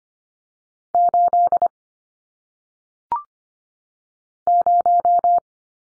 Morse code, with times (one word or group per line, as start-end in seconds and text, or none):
0.9-1.7 8
4.5-5.4 0